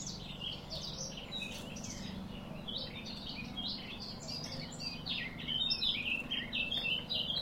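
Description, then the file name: Eurasian blackcap giving a rapid, chattering warble that grows louder toward the end, over a low background hum. "Sylvia atricapilla"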